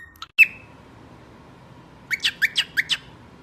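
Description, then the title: Cockatiel sounds: a short whistle and a sharp note, a pause, then a quick run of six bright, evenly spaced chirps. Several cockatiels singing, whistling. "Calopsitas Cantando Assobio"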